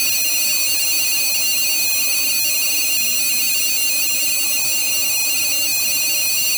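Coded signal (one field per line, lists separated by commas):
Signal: data over sound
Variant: two-tone FSK, 25 ms symbols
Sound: rapid warbling between two high tones around 2.5-2.8 kHz, continuous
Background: steady electronic hum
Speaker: if I go down to 25 milliseconds per sampling period this tends to give give give me a lot more problems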